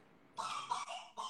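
About three rough, hoarse cough bursts in quick succession from an adult who is sick, in the background of a quiet room.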